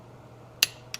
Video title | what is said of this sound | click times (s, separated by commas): How to Check Main Bearing Clearance and Torque Main Cap Studs on a Small Block Chevy! #howto | so it's at 50 foot pounds now you can really hear it clicking | 0.6 s, 0.9 s